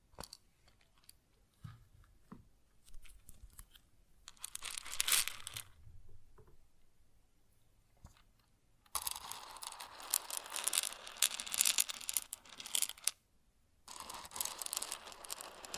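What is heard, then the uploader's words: Grain being handled for ASMR: scattered ticks and small clicks at first, then a bright, dense rustling pour around 4–6 seconds. From about 9 seconds a louder, continuous hissing shuffle runs to 13 seconds, pauses briefly, and resumes near 14 seconds. ASMR Grain Sounds (No Talking).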